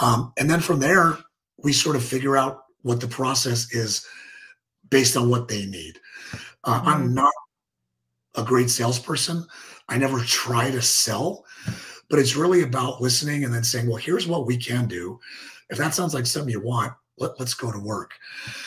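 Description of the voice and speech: An adult man speaks in a raspy, rough voice (dysphonia), with his breathing audible between phrases. He has a small airway after many surgeries in childhood.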